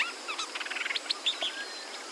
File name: ashy woodswallow